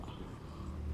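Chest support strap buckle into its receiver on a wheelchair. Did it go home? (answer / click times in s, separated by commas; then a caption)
no / none. A chest support strap buckle is handled near its receiver on a Freedom CP lightweight, foldable wheelchair. Two short sharp sounds come at 0.0 and 0.9 seconds over a low steady background. The buckle has not yet seated or clicked locked.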